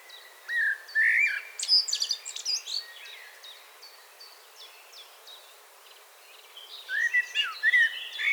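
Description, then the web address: Common blackbird song: a mellow warble breaks into high squeaky twitters, quiet chipping follows, and another warbled phrase closes. "SETE Turdus merula"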